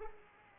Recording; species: mosquito wingbeat signal from an infrared sensor; Culex pipiens